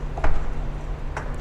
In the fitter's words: you hear it latch and you're good to go